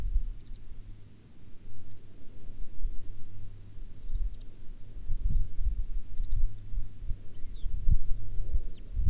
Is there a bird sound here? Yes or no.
yes